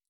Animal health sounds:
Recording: hydrophone in a shrimp aquaculture tank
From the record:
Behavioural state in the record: stressed

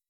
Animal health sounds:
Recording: hydrophone in a shrimp aquaculture tank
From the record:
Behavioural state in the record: weakened

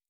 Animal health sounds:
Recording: hydrophone in a shrimp aquaculture tank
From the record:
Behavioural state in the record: normal

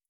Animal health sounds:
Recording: hydrophone in a shrimp aquaculture tank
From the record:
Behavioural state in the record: feeding

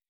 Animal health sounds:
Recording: hydrophone in a shrimp aquaculture tank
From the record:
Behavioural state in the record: weakened

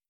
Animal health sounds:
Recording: hydrophone in a shrimp aquaculture tank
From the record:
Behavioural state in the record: starved

